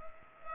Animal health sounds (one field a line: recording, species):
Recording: mosquito wingbeat signal from an infrared sensor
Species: Culex pipiens